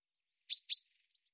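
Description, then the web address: Common chaffinch calls, two short sharp high notes in quick succession, a fifth of a second apart, then silence. "Deverinetal 2025 File cleaned normalized Bird Fr Co"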